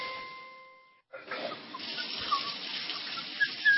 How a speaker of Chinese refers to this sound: 咱北京啊是个缺水的城市，看见有那个水龙头不关的哗哗流的心疼啊啊！咱洗手洗脸打肥皂时候呢，就顺手把水龙头给关上呗，举手之劳何乐而不为呢？